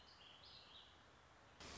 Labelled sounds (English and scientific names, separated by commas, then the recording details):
Warbling Vireo (Vireo gilvus)
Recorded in Sonoma County, California